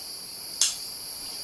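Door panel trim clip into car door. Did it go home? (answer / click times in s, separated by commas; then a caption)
yes / 0.6 s. A door panel trim clip is pushed by hand or with pliers into a car door until it seats in place. Over a steady high-pitched hiss, a single sharp snap at 0.6 s marks the clip seating. No one talks.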